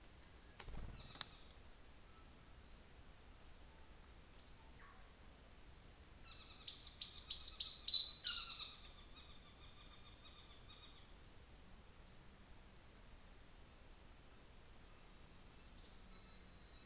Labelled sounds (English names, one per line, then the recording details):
New Zealand Fantail
North Island Saddleback
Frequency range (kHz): North Island Saddleback 1.1-4.2 kHz
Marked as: faintness 3/5, faintness 4/5
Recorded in New Zealand on 24 December 2018
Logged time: 15:45